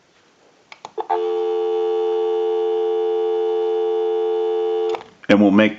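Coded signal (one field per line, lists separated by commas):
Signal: telephone call progress tone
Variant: North America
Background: speech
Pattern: dial tone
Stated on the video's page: Tones heard during initial checkout and repair of a Western Electric 354 rotary wall telephone.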